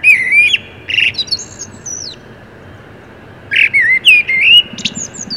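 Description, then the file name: Common blackbird song: two phrases, each a mellow fluted warble followed by high, thin squeaky twittering, separated by a short pause. "Turdus merula"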